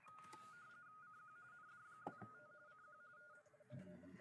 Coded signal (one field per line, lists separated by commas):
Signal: RTTY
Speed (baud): 45.45 baud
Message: CQ ND2T CQ M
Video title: ARRL RTTY Practice Round 9pm EST